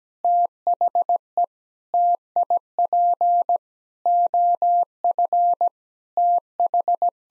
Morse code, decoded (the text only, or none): THE TIP OF TH